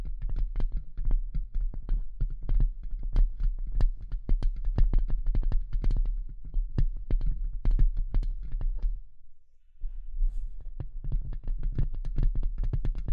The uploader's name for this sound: Tapping & Scratching